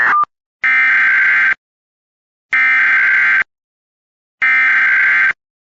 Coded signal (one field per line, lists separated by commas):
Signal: Emergency Alert System (SAME) tones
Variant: header bursts